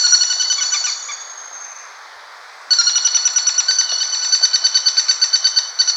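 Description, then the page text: Greater flameback rattling call: fast, metallic, ringing trill. It fades away after the first second or so, then bursts back loud with rapid pulses to the end. A pair calling. "Greater Flameback Calls of Pair. Quick Sounds"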